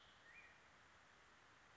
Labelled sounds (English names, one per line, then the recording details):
Black-headed Grosbeak
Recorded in Sonoma County, California